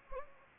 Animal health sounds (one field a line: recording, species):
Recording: mosquito wingbeat signal from an infrared sensor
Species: Anopheles gambiae